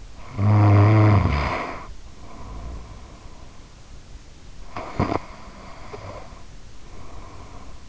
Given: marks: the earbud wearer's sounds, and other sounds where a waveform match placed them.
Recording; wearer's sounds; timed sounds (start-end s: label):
sounds in sleep by an in-ear microphone; snoring breath, breath
0.13-3.66 s: snoring breath
4.63-7.89 s: breath
4.76-5.40 s: sound from someone else or the room